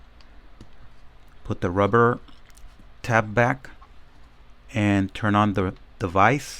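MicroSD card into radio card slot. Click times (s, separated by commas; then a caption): 0.2 s, 0.6 s. A microSD (TF) card is pushed into the card slot under a rubber tab on a Kayinow solar hand-crank radio, giving two short clicks at 0.2 s and 0.6 s as it seats. Someone then talks.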